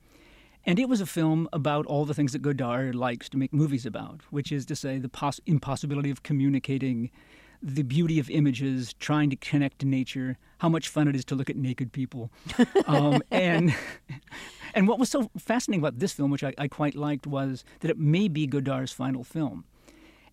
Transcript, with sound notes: And it was a film about all the things that Godard likes to make movies about, which is to say, the impossibility of communicating, the beauty of images, trying to connect nature, how much fun it is to look at naked people.
(Laughing).
And what was so fascinating about this film, which I quite liked, was that it may be Godard's final film.